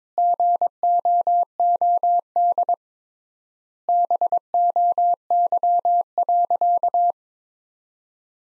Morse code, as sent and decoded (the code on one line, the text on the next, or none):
--. --- --- -.. / -... --- -.-- .-.-.-
GOOD BOY.